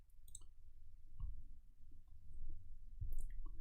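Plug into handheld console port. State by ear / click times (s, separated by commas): not seated / none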